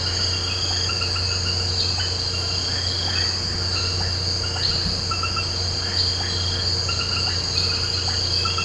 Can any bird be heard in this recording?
no